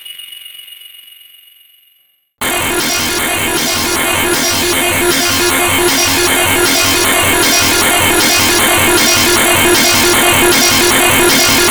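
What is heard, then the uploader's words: A sci-fi drone opens with a thin fading tone, then after two seconds a dense, loud mechanical hum starts, pulsing with regular bright chirps. Demos from a circuit bent Kawai K1 synth. Mods include a 24 way ROM destruction patchbay, and a LTC1799 based clock speed/pitch knob. Surprisingly the modded K1 is incredibly good at BBC Radiophonic Workshop style sci-fi atmospheres. Drones and "sounds of the future".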